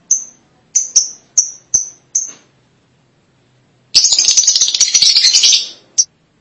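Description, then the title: Lovebird calls, six sharp high chirps, a silent gap, then a dense burst of harsh chattering and one final chirp. "BM Suara Burung Lovebird"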